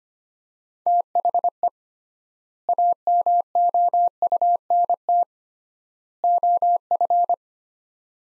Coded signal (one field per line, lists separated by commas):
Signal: Morse code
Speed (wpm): 25 wpm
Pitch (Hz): 700 Hz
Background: none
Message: THE AMOUNT OF